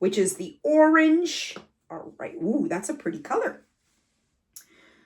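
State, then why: Released. A hinged snap lid on the plastic orange paint pot, number 2, is clicked open. Someone talks for the first few seconds. After a pause, a short, sharp click sounds at 4.6 s as the lid releases open, followed by faint low rustling.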